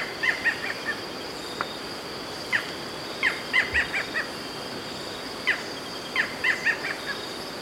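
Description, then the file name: Barred Forest Falcon calls in short clipped notes, single or in bursts of three to five, repeated irregularly, with a constant high hum behind. "Micrastur ruficollis - Barred Forest Falcon"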